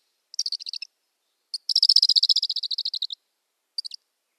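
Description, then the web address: Black kite nestling calling in fast buzzy chatters: a short burst, then a longer trill of rapid pulses lasting over a second, then a brief final burst. "Schulze Peter Black Kite nestling"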